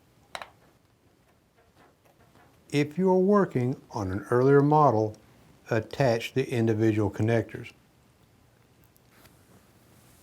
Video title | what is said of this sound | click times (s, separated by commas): AODE 4R70W Class Part 2 Lesson 7 | until it snaps onto each one as well as the case connector | 0.4 s